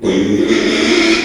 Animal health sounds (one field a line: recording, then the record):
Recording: squeal of a Yucatan mini pig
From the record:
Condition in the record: after surgery on the right vocal fold (resection and tissue-engineered implant)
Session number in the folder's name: 2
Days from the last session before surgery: 13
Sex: male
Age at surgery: 12 weeks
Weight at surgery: 13 kg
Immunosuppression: cyclosporine, prednisolone